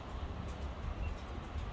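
An ignition coil or connector is pushed by hand toward its fitting in an engine bay during a spark plug tune-up. Only a steady low rumble and broadband background noise are heard, with no sharp transient. The part has not clicked or seated yet.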